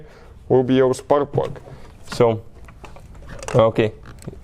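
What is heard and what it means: Someone talks while an ignition coil for a BMW 316i, 318i, 320i, 323i, 325i, 328i, 330i or 335i is handled above the spark plug in the engine cylinder head. A few faint, short knocks are heard between about 2.7 and 3.2 seconds. The coil has not seated or clicked onto the spark plug yet.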